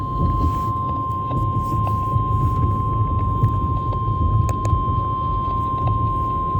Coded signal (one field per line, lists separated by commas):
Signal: Emergency Alert System (SAME) tones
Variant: 1050 Hz attention tone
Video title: Severe Thunderstorm Warning for Jo Daviess and Stephenson, IL EAS #365